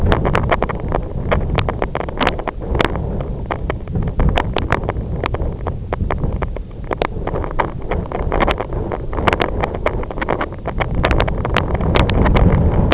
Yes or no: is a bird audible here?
no